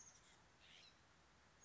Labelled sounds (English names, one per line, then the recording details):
California Scrub-Jay
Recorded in Sonoma County, California